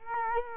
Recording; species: mosquito wingbeat signal from an infrared sensor; Culex quinquefasciatus